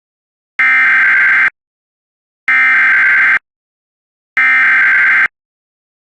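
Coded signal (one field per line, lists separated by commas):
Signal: Emergency Alert System (SAME) tones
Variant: header bursts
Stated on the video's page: Recreation of a real tornado emergency alert, with audio sourced from ERN logs.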